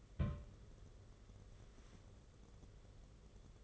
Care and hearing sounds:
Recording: daily activity, microphone in the room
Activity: place on stove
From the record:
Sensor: 4

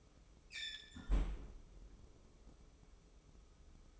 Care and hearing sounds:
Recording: daily activity, microphone in the room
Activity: close fridge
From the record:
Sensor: 1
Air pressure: 995.4 hPa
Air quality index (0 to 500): 25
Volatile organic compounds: 0 ppm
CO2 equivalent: 504 ppm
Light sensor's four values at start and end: 18/59/22/23 and 18/59/22/23

